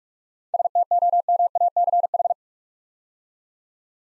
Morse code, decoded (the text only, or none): STOMACH